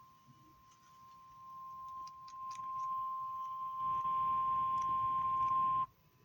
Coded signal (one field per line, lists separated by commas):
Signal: Emergency Alert System (SAME) tones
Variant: 1050 Hz attention tone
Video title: EAS Bulletins - Tornado Warning (OETA 13.4) (2/???)